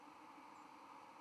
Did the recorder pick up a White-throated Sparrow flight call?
no